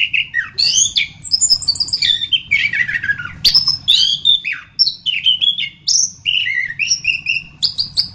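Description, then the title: Thrush song with clear whistled slurs, some descending and some rising, interspersed with short chattering notes and brief gaps. "Suara Burung Anis"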